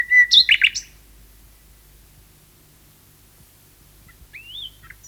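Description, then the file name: Common nightingale song: a quick burst of chirps and rich notes at the start, a long silence, then a short whistled slur that rises and then falls near the end. "Nachtegaal 2-Sound Cloud - Beeld en Geluid"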